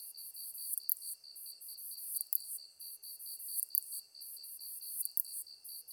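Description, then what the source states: High, hissing katydid song with a crisp tick at regular intervals, set against an even, pulsed insect trill. Recorded 23 August 2010 at 21:33.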